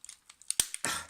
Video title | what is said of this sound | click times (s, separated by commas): Transformers Titans Return Leader Class Six Shot | It's quite tight. You hear a big click. | 0.5 s, 0.6 s